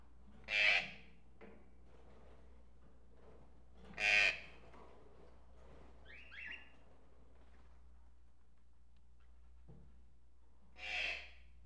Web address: birds various tropical birds in a pet shop animal ambience